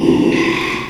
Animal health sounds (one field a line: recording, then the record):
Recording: squeal of a Yucatan mini pig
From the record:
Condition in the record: after surgery on the right vocal fold (resection and tissue-engineered implant)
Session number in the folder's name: 1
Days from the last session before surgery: 6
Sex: male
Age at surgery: 12 weeks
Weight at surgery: 13 kg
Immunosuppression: cyclosporine, prednisolone